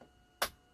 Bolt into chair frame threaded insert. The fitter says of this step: there's the click and then go back clockwise and then you know you're on the thread nicely you're not going to ruin